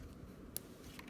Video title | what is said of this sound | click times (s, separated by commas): 2014 - 2017: Silverado / Sierra - Mirror Connector: Terminal Insertion | you hear a click and now that's locked lock | 0.6 s